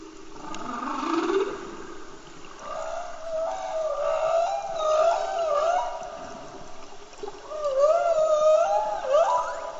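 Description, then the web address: Humpback whale song: a low rising moan, then a sequence of warbling, wavering tonal notes with harmonics, ending in an upswept cry. Antarctica. "Antarctia Bultrug Humpback Whale Song"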